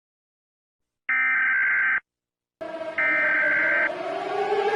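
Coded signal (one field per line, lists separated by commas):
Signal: Emergency Alert System (SAME) tones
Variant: header bursts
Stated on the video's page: Simulated EAS scenario, not a real alert.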